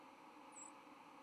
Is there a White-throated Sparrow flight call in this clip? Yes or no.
yes